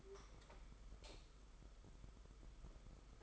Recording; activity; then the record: daily activity, microphone in the room; light on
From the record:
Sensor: 5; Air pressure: 991.2 hPa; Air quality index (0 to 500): 108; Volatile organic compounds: 24 ppm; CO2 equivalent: 2799 ppm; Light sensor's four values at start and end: 18/43/17/19 and 19/48/19/21